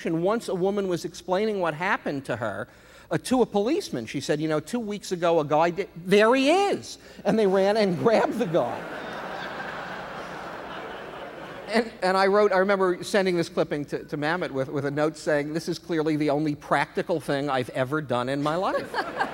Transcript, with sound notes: Once a woman was explaining what happened to her to a policeman - she said, you know, two weeks ago, a guy - there he is. And they ran and grabbed the guy.
(LAUGHTER)
And I wrote - I remember sending this clipping to Mamet with a note saying, this is clearly the only practical thing I've ever done in my life.